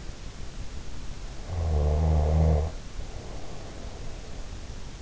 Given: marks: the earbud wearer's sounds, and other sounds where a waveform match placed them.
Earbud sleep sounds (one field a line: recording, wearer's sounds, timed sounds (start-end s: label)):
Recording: sounds in sleep by an in-ear microphone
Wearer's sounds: snoring breath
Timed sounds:
1.45-4.33 s: snoring breath